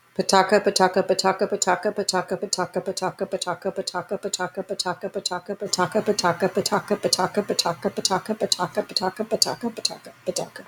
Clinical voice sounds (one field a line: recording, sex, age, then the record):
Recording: repeated syllables /pa ta ka/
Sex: female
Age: 30 to 39 years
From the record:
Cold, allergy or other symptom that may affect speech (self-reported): no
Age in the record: 39 years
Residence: California, United States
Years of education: 16